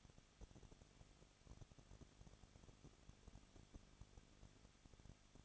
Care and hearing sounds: daily activity, microphone in the room; no activity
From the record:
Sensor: 4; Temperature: 23.1 degrees Celsius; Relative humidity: 34.3%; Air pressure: 1007.2 hPa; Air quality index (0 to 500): 212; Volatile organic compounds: 14 ppm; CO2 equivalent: 2452 ppm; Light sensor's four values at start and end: 2/3/1/1 and 2/3/1/1

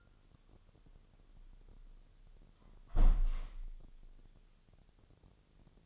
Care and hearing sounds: daily activity, microphone in the room; close window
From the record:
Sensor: 4

